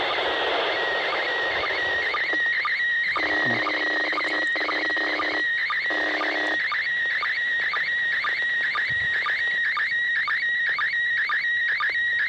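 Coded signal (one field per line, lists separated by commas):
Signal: SSTV (slow-scan television)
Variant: PD 120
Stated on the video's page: SSTV images from the ISS, received with a radio and a phone.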